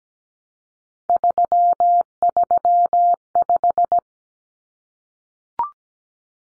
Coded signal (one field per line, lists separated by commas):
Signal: Morse code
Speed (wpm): 17 wpm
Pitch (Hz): 700 Hz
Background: none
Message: 335